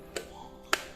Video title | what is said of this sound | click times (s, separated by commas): Cara Agar Pisau Chopper Awet &Tahan Lama | Nah gini ya jadi nggak nggak gini aja tapi harus sampai bunyi ceklek ceklak gini nah | 0.2 s, 0.7 s